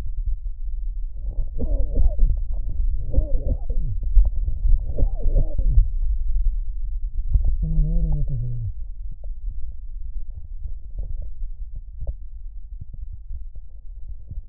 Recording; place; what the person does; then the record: lung sounds by stethoscope; right posterior basal chest; quiet breathing, then cough and speech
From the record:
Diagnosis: COPD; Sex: male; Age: 70 years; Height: 163 cm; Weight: 64.6 kg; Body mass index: 24.3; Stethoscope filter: extended mode